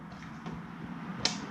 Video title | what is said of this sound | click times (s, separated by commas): Lasfit Amber Turn Signal/Marker Lights Install and Review! K1500 Upgrade | you hear them snap in and then you can tuck all your wires up from behind | 1.3 s